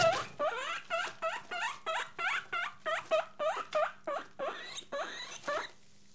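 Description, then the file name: Guinea pig giving a steady series of short, upward-swooping, whistle-like squeals. Caged guinea pig, recorded close. "Digiffects Sound Effects Library - Close Guinea Pig in Cage"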